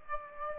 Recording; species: mosquito wingbeat signal from an infrared sensor; Aedes aegypti